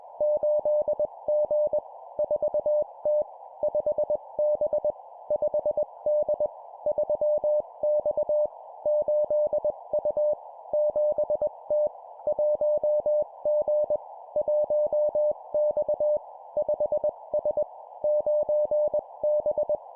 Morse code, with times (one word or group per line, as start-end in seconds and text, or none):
0.2-1.8 8G
2.2-3.2 4T
3.6-4.9 5B
5.3-6.5 5D
6.9-8.5 3X
8.9-10.3 8U
10.7-11.9 7T
12.3-14.0 1G
14.4-16.2 1X
16.6-17.6 5S
18.0-19.8 9B